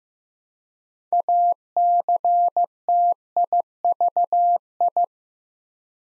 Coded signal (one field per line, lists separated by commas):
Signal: Morse code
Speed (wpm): 15 wpm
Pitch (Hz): 700 Hz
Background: none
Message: ACTIVI